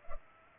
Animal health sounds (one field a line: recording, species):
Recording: mosquito wingbeat signal from an infrared sensor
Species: Culex pipiens